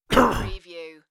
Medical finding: Male Cough.